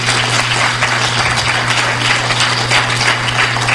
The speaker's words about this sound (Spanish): Denle un aplauso al Señor por eso.